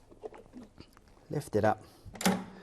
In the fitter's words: locks in place.